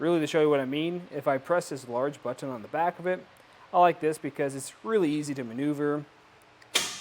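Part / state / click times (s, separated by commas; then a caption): bike rack tilt latch on its hitch mount / seated / 6.8 s. A large button on the back of a hitch-mounted Benton Shifts&Grins 4-bike rack on a 2025 Ram 1500 is pressed and the rack is tilted away from the truck while someone talks. A metal tilt latch on the hitch mount gives a sharp click at 6.8 s. The rack is seated in its tilted position.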